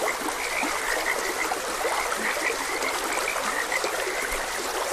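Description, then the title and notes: Frogs call with short, repeated chirping croaks in a loose chorus, while running water from a stream hisses steadily underneath. Frogs croaking beside a gentle stream. "Gentle Stream and Frogs Croaking - Calming Sounds of Nature. Sleep and Relaxation Podcast"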